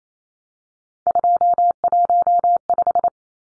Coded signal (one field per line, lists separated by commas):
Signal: Morse code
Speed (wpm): 28 wpm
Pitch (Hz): 700 Hz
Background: none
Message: 215